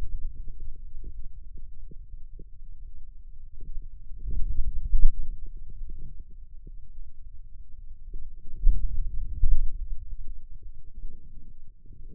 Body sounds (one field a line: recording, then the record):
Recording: forearm muscle sounds (acoustic myography)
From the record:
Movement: hand opening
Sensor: system 2, bracelet of six BSWA MPA416 microphones around the upper forearm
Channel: 1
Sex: male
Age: 22 years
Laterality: right